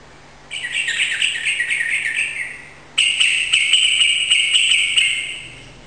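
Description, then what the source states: Yellow-vented bulbul song, two long runs of fast, bright chattering notes, the second louder and sustained, over a faint low hum. Rapid song in the 'ropel' style, recorded indoors in a room; local Indonesian name trucukan.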